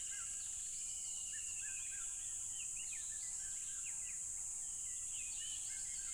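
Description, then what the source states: Cricket chorus droning as a constant piercing high whine, while several birds give quick rising and falling whistles above the background. Loud crickets along a tropical river.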